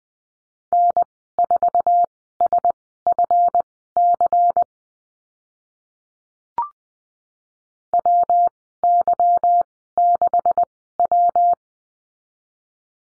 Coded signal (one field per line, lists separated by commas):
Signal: Morse code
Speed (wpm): 20 wpm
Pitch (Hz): 700 Hz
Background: none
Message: N4SFC WY6W